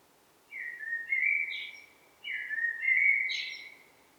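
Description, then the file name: Blackbird singing two short phrases about two seconds apart, each a low mellow whistle ending in a brief, higher scratchy flourish. "Turdus merula"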